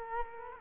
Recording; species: mosquito wingbeat signal from an infrared sensor; Culex quinquefasciatus